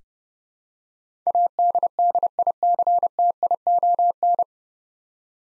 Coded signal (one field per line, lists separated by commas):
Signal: Morse code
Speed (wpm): 30 wpm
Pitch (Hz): 700 Hz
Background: none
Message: ADDICTION